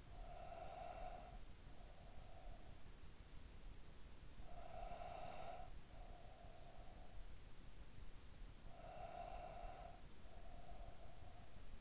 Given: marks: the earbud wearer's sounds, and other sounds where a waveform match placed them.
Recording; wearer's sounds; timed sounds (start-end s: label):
sounds in sleep by an in-ear microphone; breath
0.00-3.18 s: breath
4.30-7.52 s: breath
8.41-11.81 s: breath